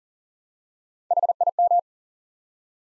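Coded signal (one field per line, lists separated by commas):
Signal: Morse code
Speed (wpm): 40 wpm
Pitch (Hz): 700 Hz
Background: none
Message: HIM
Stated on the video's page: Head-copy drill of the 100 most common English words at 40 wpm, each word sent in Morse, spoken, then sent again.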